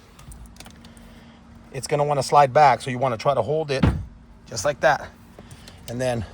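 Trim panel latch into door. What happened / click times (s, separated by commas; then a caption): The panel is being held in place but has not snapped home yet / none. A trim panel on a 2018–2025 Honda Odyssey sliding door is held in position against its latches while someone talks, with a few faint ticks early on. Nothing has seated or clicked yet.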